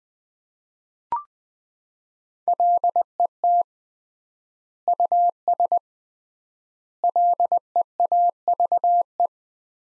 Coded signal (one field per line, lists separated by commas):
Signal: Morse code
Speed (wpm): 20 wpm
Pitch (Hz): 700 Hz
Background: none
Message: LET US LEAVE